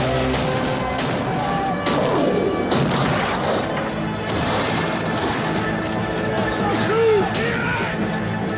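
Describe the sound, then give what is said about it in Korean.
Heavy French cannon fire pounds Fort William Henry in a dense, continuous barrage of booms and crashes, with shouting voices and crowd clamor mixed into the chaotic din. “프랑스군의 강력한 대포가 쉴 새 없이 요새를 공격합니다.”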